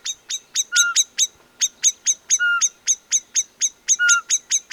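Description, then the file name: Common blackbird giving a fast series of repeated chinking clicks, with a few brief steady whistled notes among them. "Turdus merula"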